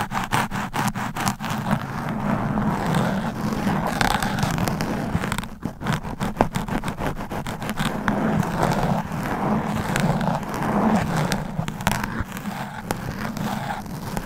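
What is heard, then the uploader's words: Scratching and rubbing on a microphone fill the whole clip with a dense, rough texture. Quick clicks and scrapes repeat fast and unevenly, with a steady low rumble underneath and a brief thinning just before the six-second mark. ASMR Mic Scratching Brain Scratching Hypnotic Asmr No Talking for Sleep with Long Nails.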